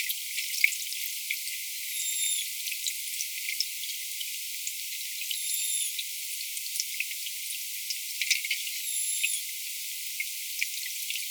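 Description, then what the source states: Manatee calls: three short squeaky harmonic chirps, roughly every three and a half seconds, over steady crackling clicks and hiss. In the Amazon.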